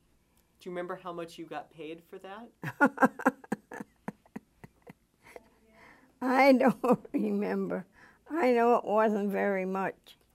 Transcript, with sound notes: Do you remember how much you got paid for that?
(she laughs heartily) I don't remember. I know it wasn't very much.